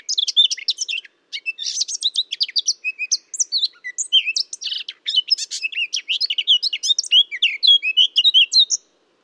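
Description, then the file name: Eurasian blackcap warbling in quick bursts of scratchy, twittering notes with short gaps, some clearer slurred whistles mixed in; no other sounds present. "Sylvia atricapilla"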